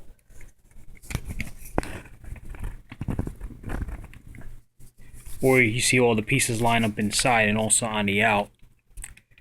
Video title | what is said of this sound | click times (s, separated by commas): Microsoft Trackball cleaning and cable repair | line it up like I said until you hear something snap | 1.8 s